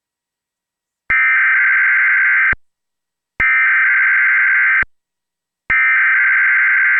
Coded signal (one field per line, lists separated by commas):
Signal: Emergency Alert System (SAME) tones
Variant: header bursts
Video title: EAS - Required Monthly Test for the North Anna Nuclear Power Station